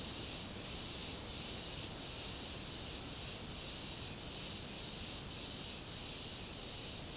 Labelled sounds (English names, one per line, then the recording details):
none
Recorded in secondary vegetation near Puerto Asís, Putumayo, Colombia, on 20 February 2024 at 10:30
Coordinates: 0.489, -76.322
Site G6419